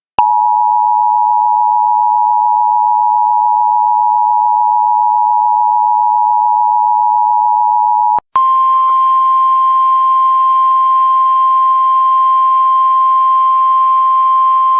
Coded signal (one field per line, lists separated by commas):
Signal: Emergency Alert System (SAME) tones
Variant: 853 and 960 Hz attention tone